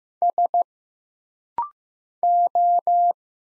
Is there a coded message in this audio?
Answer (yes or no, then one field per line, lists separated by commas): yes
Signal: Morse code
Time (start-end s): 0.2-3.1 s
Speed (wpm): 15 wpm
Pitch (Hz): 700 Hz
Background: none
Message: S O